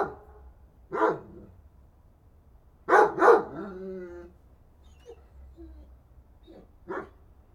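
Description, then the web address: Dog giving scattered barks: a single bark, a sharp double bark with a whining tail, then softer yips and one last bark amid quiet hum. "Effects 02-Birds, Insects Animals. Animals dogs"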